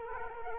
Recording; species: mosquito wingbeat signal from an infrared sensor; Culex quinquefasciatus